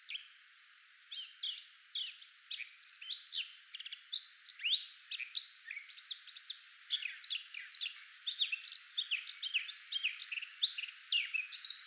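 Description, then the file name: Eurasian blackcap delivering a long, busy warble of quick chattering notes and bright whistled slurs, with short gaps between bursts. "Sylvia atricapilla"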